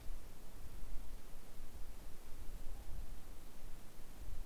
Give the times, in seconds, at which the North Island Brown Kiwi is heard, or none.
none